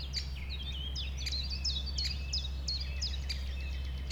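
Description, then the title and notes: Common nightingale song: a short whistled phrase repeated several times over a constant low drone. Nightingale that settled with a few others on the banks of a stream forming a pond, 1500 m from the A20; recorded around 8 am on Sunday 12 April. "Un Rossignol Envers Et Contre Tout. un rossignol venu avec quelques autres s'installer sur les rives d'un ruisseau formant un étang à 1500 mètres de l'A 20. Ces moments ont été enregistrés vers 8h le dimanche 12 avril"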